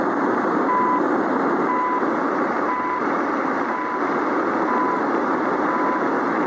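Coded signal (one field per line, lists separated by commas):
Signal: radio time signal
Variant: CHU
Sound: short 1 kHz beeps once each second, about 6 ticks, under heavy hiss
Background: radio static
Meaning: Each tick marks one second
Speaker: I am tuned to the CHU Canada time signal on 3.330 MHz in the 90 meter band.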